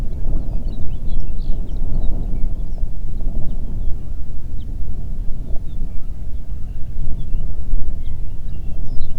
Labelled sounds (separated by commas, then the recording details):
songbird, wind
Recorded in the Prudhoe Bay oil fields, Alaska, on 8 June 2019 at 04:27
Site 30